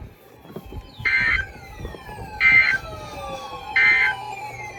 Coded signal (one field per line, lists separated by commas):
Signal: Emergency Alert System (SAME) tones